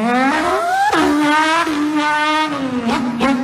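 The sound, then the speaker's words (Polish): A loud car engine revs hard, its rich droning pitch climbing, then dropping sharply several times like quick gear shifts, with a raspy, buzzing tone and no voices. “Ale najlepiej, żeby jednak przypominał to silnik.”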